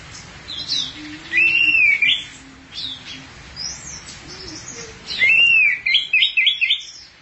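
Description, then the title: Thrush song with two loud phrases, each a bright whistled slur followed by scratchy high twitters, while a soft low wavering tone runs beneath. "burung anis x"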